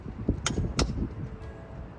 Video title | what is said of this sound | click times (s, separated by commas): Replacing My Motorcycle Chain For The First Time | So the axle nut at 65 foot-pounds, you just wanna make sure you tighten this slowly until you hear a click. | 0.5 s